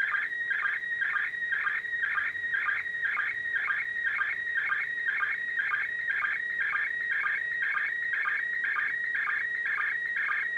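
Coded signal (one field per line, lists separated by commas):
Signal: SSTV (slow-scan television)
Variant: PD120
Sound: warbling, chirping tones with a regular beat about twice a second, steady throughout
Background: radio static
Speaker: coming up in about 10 minutes so we'll record that and see if I can get a better picture this time around on the ISS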